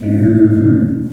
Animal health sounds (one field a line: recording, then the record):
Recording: squeal of a Yucatan mini pig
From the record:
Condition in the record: after surgery on the right vocal fold (resection and tissue-engineered implant)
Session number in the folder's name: 4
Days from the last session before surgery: 26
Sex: female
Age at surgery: 19 weeks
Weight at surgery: 25 kg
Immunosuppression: prednisolone